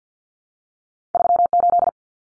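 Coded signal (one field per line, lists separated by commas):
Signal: Morse code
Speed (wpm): 50 wpm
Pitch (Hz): 700 Hz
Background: none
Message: 38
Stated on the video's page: Morse code drill at 50 wpm of two-digit cut numbers using T, A, N for 0, 1, 9, each sent, spoken, then sent again.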